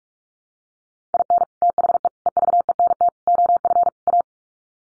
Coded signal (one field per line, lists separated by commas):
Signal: Morse code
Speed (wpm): 44 wpm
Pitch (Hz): 700 Hz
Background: none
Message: IN THE EVENT OF A